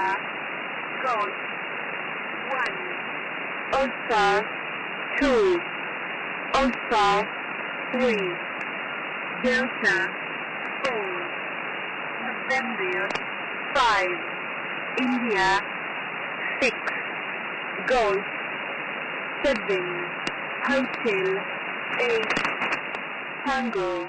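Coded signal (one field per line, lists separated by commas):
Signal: numbers station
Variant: E10, phonetic alphabet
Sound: voice reading single digits and phonetic-alphabet letters, evenly spaced, over steady hiss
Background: radio static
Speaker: amazingly on March the 15th 2006 the only known clear text string message was sent by e10a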